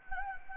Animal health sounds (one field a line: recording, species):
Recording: mosquito wingbeat signal from an infrared sensor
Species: Anopheles gambiae